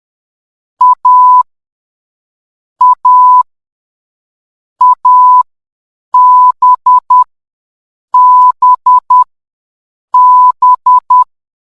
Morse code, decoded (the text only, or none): A A A B B B